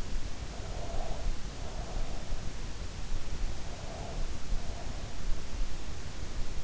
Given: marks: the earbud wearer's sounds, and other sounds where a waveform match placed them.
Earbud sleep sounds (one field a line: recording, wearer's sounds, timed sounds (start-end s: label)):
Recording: sounds in sleep by an in-ear microphone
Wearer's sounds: breath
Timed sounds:
0.60-2.03 s: breath
3.63-4.89 s: breath